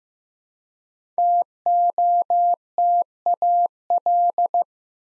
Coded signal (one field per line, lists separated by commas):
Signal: Morse code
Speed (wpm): 15 wpm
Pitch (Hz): 700 Hz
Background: none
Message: TOTAL